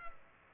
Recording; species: mosquito wingbeat signal from an infrared sensor; Culex pipiens